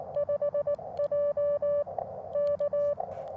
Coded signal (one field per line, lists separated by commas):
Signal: Morse code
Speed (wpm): 19 wpm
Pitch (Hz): 590 Hz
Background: none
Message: 5J K